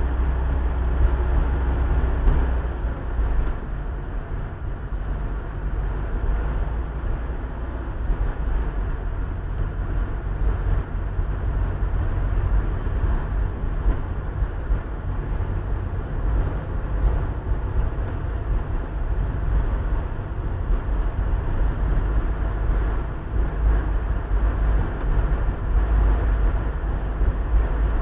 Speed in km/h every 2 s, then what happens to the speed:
24, 23, 25, 25, 26, 27, 27, 27, 28, 28, 27, 28, 29, 30.
0-28 steady at about 27.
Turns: none.